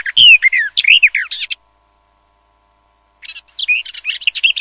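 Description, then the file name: Garden warbler song: two brief bursts of jumbled, slurred warbling notes, each about a second and a half, separated by silence. "BECCAFICO"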